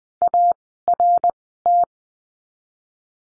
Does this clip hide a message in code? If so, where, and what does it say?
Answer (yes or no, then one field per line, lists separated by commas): yes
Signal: Morse code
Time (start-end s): 0.2-1.8 s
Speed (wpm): 20 wpm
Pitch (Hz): 700 Hz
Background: none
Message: ART